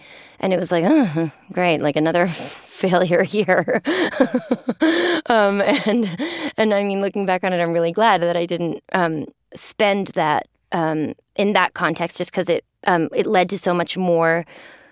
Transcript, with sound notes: And it was like, oh, great - like, another failure here (laughter) And, I mean, looking back on it, I'm really glad that I didn't spend that in that context just because it led to so much more